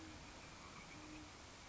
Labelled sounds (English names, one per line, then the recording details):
Great Horned Owl
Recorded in Sonoma County, California